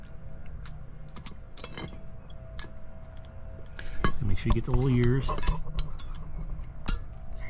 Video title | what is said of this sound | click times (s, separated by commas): 2014-2017 Acura MDX/ Honda Pilot Front Brake Service and Replacement | there you go there's one snapped in | 6.0 s, 6.9 s